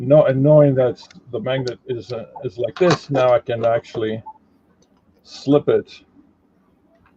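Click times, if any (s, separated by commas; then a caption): none. Someone talks while handling a magnetic piece, getting ready to slip it into the disc area of a toy where the other magnets will pull it in. A few faint ticks are heard around 4.8, 5.0 and 7.1 seconds, but the piece has not snapped into place yet and nothing has seated by the end of the clip.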